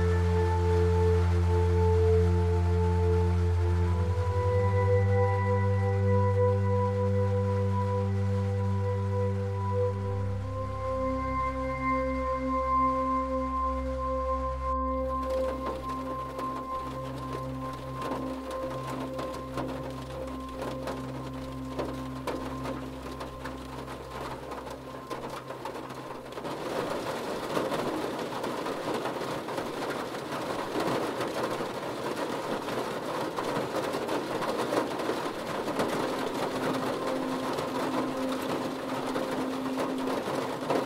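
Rain falls as a dense, steady hiss that grows thicker and brighter from about 26 seconds on. For the first fifteen seconds, loud, low, ringing hum tones sit over it, stepping in pitch a few times before cutting off.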